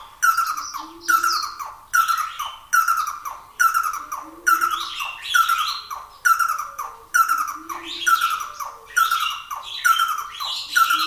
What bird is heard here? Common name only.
Red-and-yellow Barbet